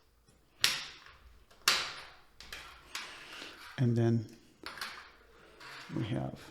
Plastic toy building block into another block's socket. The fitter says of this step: ten and then snap right in here like this